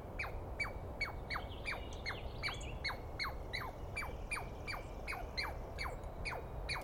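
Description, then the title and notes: Douglas squirrel calls, a rapid string of falling chirps over low background rumble, with a brief bird warble in the middle. Douglas pine squirrel screaming at length at dawn, morning of 21 April 2017, East Cascades; recordist woken by it; identified by sound, not clearly seen. "On the morning of 21 April, 2017, I set up my microphones and recorder for a nice dawn recording in the East Cascades. I was started awake by a screaming Douglas Pine Squirrel."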